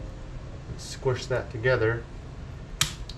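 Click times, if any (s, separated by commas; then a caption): 2.8 s. Someone talks while squeezing a cleaned steel snap ring with snap ring pliers, then releases it into the groove at the top of a Miata steering rack housing being refreshed and de-powered. A sharp snap at 2.8 s marks the ring seating in the groove, followed by a fainter tick at 3.1 s.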